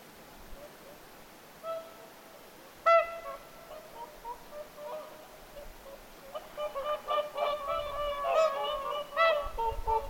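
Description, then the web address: Whooper swans: sparse single honks at first, then a flock joins in with rapid overlapping trumpeting calls. Flock of whooper swans calling at Lintulahti on 6 November 2025. "6 11 2025 laulujoutsenten aantelya lintulahdella"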